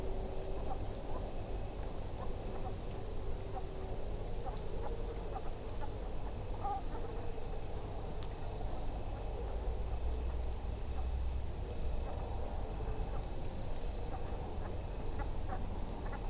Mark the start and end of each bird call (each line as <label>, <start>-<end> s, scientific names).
Branta bernicla, 0.68-0.73 s
Branta bernicla, 1.13-1.19 s
Branta bernicla, 2.19-2.24 s
Branta bernicla, 2.54-2.69 s
Branta bernicla, 3.54-3.60 s
Branta bernicla, 4.45-4.50 s
Branta bernicla, 4.83-4.89 s
Branta bernicla, 5.32-5.39 s
Branta bernicla, 5.81-5.86 s
Branta bernicla, 6.61-7.01 s
Branta bernicla, 10.96-11.01 s
Branta bernicla, 12.05-12.11 s
Branta bernicla, 14.10-14.17 s
Branta bernicla, 14.64-14.68 s
Branta bernicla, 15.19-15.23 s
Branta bernicla, 15.49-15.58 s
Branta bernicla, 16.05-16.17 s